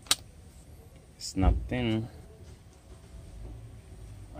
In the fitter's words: get the new one, install it in the new one, snapped in,